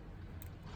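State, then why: Seated. A replacement LED bulb is pushed into the connecting plug of an interior light pod on a Tesla Model X. Over a steady low hum, a sharp click at 0.4 s marks the bulb snapping into the plug and seating in place.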